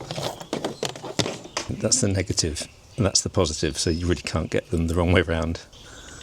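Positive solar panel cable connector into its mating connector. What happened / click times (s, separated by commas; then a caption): The cable connector is handled but not yet clicked home / none. Someone talks while handling a plastic-bodied, MC4-style positive solar panel cable connector as it is brought toward its mating connector on an EcoFlow STREAM Ultra X balcony solar system, with a few brief handling taps along the way. Nothing has seated or clicked yet; the connector is not yet home when the clip ends.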